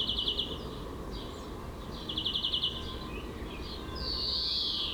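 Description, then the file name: European greenfinch song, two rapid rattled trills followed by a long drawn-out nasal wheeze, against a low steady rumble. "Chloris chloris"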